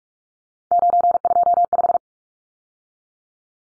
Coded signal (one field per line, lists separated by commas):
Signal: Morse code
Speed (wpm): 44 wpm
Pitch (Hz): 700 Hz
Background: none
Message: 925